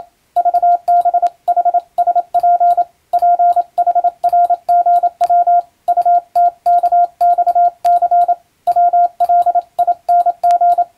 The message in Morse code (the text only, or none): VBHSP PHRGW UTKXC WLING